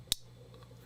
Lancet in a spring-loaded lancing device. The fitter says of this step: okay so you should have heard that little click and there is our little drop of blood